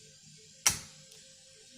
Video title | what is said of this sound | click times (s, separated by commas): How to upgrade or replace ram on nearly any laptop. Super simple! rawruss.com #ram #laptop #memory | and then you'll hear a click when these two little Clips right here come into place | 0.7 s